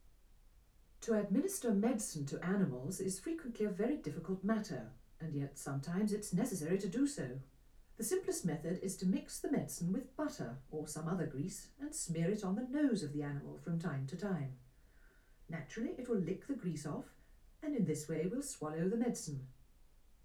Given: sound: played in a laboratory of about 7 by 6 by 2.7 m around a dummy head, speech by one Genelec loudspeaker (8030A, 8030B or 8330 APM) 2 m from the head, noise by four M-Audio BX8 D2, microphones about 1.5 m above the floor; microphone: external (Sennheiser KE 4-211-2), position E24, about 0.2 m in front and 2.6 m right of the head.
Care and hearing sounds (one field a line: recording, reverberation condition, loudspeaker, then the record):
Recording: female speech in English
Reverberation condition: low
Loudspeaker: 120 degrees to the left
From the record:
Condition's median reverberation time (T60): about 310 ms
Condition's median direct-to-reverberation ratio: about 3.5 dB